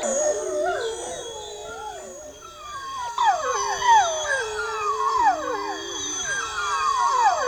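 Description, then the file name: Dog howling, several long sliding wails that rise and fall and overlap continuously throughout, with a faint steady hiss in the background. "dog recordings"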